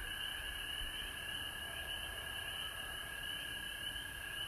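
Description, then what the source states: Frog chorus, many callers overlapping into a continuous high trill with slight pulsing along the upper layer, no pauses. Recorded at home in Georgia on March 19, 2020.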